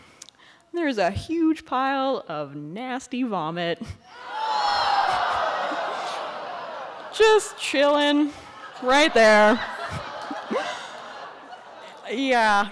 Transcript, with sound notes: And there is a huge pile of nasty vomit! [huge groans from crowd. laughter] Just chillin’. Right there. Yeah.